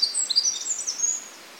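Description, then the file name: Eurasian wren song, a short burst of rapid, high twittering trills lasting just over a second before fading into quiet. "Troglodytes troglodytes"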